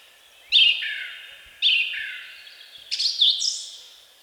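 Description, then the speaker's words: Song thrush song: a whistled descending phrase given twice, then a higher, more intricate twittering phrase. Song; rendered as 'Spiridon, Spiridon, come, come, drink tea, drink tea'; voice sonorous, solemn; long, varied song, heard from early April, loudest mornings and evenings; sings at sunset from spruce tops. "С начала апреля, едва певчие дрозды прилетают на родину, с утра до вечера, особенно громко именно по утрам и вечерам, звучит их песня. Вот-вот, слышите?"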